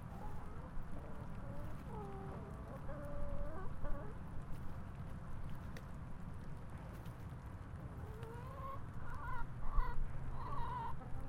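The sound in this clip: Chickens giving drawn-out wavering squawks, with quieter stretches between, over steady low-pitched rumbling background noise.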